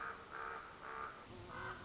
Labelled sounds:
Common Raven (Corvus corax)
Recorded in Sonoma County, California

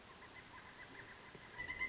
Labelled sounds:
Pileated Woodpecker (Dryocopus pileatus)
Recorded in Sonoma County, California

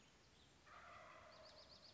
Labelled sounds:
Wild Turkey (Meleagris gallopavo)
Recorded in Sonoma County, California

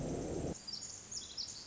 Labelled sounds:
Pacific Wren (Troglodytes pacificus)
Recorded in Sonoma County, California

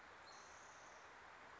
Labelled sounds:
Spotted Towhee (Pipilo maculatus)
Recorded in Sonoma County, California

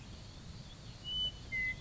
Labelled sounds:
Western Meadowlark (Sturnella neglecta)
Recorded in Sonoma County, California

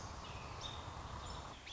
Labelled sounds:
American Robin (Turdus migratorius)
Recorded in Sonoma County, California

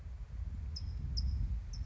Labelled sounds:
California Towhee (Melozone crissalis)
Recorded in Sonoma County, California

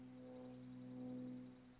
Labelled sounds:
Dark-eyed Junco (Junco hyemalis)
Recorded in Sonoma County, California

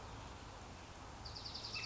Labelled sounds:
Northern Flicker (Colaptes auratus)
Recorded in Sonoma County, California

